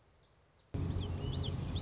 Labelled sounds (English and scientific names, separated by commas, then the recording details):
Common Yellowthroat (Geothlypis trichas)
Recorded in Sonoma County, California